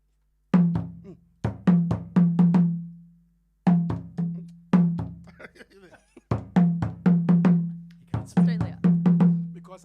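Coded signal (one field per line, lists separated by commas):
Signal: talking drum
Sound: phrases of resonant low drum strokes, some pitches slightly higher, separated by short pauses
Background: faint speech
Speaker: you're actually playing the words on the drums that's why it's called talking drum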